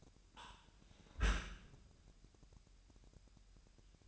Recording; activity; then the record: daily activity, microphone in the room; close dishwasher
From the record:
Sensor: 2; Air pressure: 998.2 hPa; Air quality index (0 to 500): 146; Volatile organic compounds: 4 ppm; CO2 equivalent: 1652 ppm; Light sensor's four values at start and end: 10/30/12/11 and 10/30/12/11